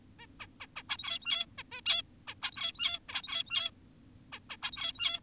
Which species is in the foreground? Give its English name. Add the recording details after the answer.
Zebra Finch. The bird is an adult. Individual g17y2U